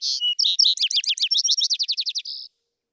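Vesper sparrow song heard from its middle: bright paired notes running into a rapid trill and a final buzzy note.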